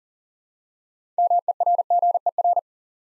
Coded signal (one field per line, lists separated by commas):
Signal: Morse code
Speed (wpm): 40 wpm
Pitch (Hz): 700 Hz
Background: none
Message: MERGER